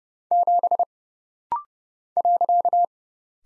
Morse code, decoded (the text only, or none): 7 .